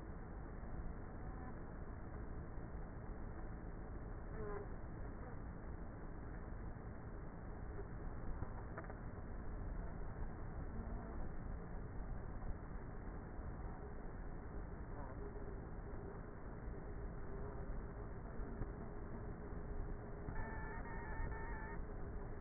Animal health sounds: honeybee colony, microphone inside the hive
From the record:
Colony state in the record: queenless with a low population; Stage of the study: before two queens were removed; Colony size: about 30,000 bees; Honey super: no

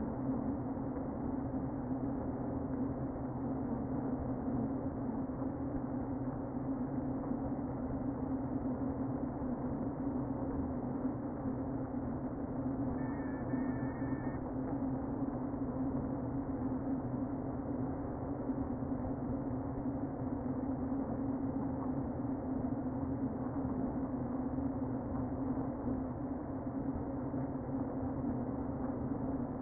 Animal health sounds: honeybee colony, microphone inside the hive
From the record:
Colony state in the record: queen present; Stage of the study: before two queens were removed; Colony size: about 60,000 bees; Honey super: yes

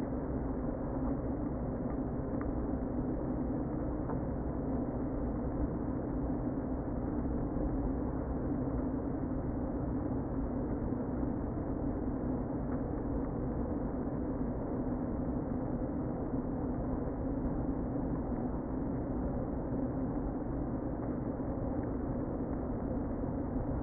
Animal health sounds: honeybee colony, microphone inside the hive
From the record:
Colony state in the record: queen present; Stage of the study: before two queens were removed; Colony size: about 60,000 bees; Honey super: yes

